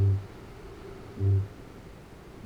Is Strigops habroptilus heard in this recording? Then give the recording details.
yes. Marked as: faintness 2/5. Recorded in New Zealand. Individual Arab